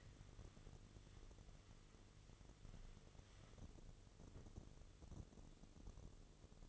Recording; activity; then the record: daily activity, microphone in the room; wipe stove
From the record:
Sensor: 4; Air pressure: 1016.0 hPa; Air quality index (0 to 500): 170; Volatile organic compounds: 6 ppm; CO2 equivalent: 1926 ppm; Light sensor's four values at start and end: 9/19/7/7 and 9/19/7/7